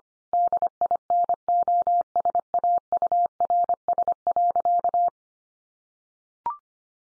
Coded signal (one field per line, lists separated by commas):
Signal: Morse code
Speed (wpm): 25 wpm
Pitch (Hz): 700 Hz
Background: none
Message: DINOSAURS.